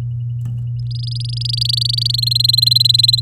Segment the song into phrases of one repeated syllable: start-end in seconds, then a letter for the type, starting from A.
0.79-2.16 A, 2.18-3.20 B